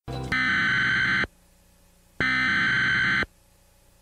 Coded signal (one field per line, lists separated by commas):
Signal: Emergency Alert System (SAME) tones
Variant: header bursts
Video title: EAS Scenario #5: Twister of Terror